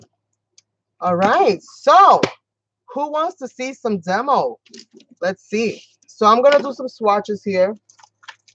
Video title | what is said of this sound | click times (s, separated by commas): C&Berg Watercolor Brush Pen Review and Demo ( Cheap alternative? ) | when the cap is on securely it does click into place so that's good as well alright | 0.6 s